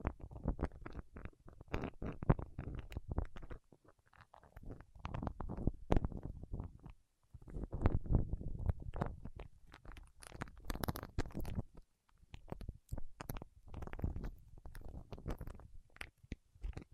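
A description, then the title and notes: Wax fingertips make dense, irregular crackling and squelching bursts, low and rough, coming in clusters with short silences near 4, 7 and 12 seconds. ASMR with Wax Fingertips for Sleep (No Talking).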